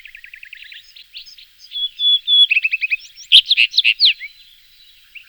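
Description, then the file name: Common rock thrush song: quiet rapid chattering notes lead into a clearer whistled note and a loud, varied warbling phrase, fading to soft twitters. Song, recorded in 2004. "roche 2004 steinroetel"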